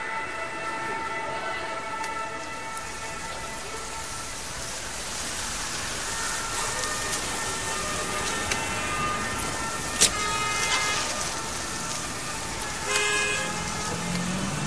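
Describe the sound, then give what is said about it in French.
Steady city traffic noise in Paris on a Sunday evening, with car horns honking throughout, their held, blaring tones overlapping in layers, plus a couple of sharper, louder blasts near the end. “Je suis dans le trafic à Paris, j'arrive bientôt.”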